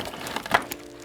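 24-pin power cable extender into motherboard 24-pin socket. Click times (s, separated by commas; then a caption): 0.5 s. A 24-pin power cable extender is pushed into a motherboard's 24-pin socket, giving a few faint taps before one sharp click at 0.6 s as the connector seats. A softer tick follows at about 0.7 s.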